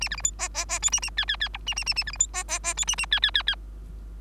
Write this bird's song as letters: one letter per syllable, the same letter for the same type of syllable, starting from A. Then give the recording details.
A B C D E E E F A A G G G H A A A A B C D E E E F A A G G G G. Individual Bird3